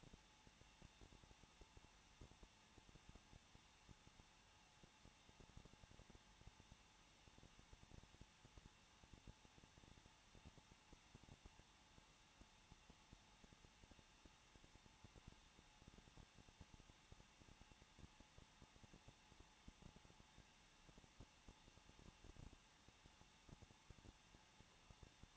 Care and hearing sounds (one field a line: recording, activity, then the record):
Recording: daily activity, microphone in the room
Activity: no activity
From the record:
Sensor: 1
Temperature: 20.1 degrees Celsius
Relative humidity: 39.3%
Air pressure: 1006.4 hPa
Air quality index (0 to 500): 218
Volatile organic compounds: 80 ppm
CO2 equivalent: 3604 ppm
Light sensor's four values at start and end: 1/2/1/1 and 1/2/1/1